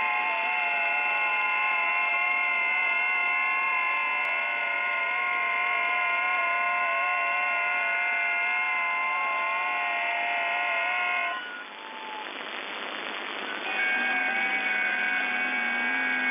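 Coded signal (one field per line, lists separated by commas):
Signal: FT8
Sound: several overlapping thin warbling tones hold for 11 seconds, brief hiss, then new tones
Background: radio static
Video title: FT8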